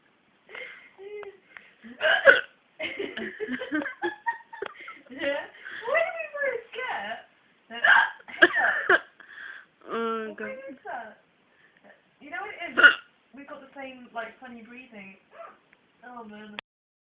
Hiccups hiccups hiccups.